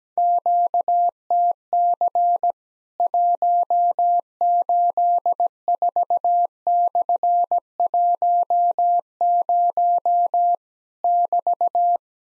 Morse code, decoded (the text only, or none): QTC 184/10 <BT>